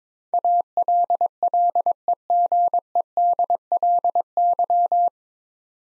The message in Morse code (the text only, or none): ALLEGEDLY